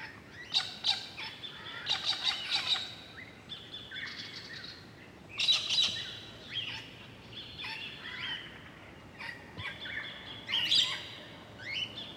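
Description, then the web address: Bird song with clusters of high, sharp chirps and short twittering phrases coming in irregular bursts. Birds beside a turning water wheel; water sports and nature setting. "Draaiend Waterrad Vogels (watersport-natuur), KMP Film Video Sound Effects"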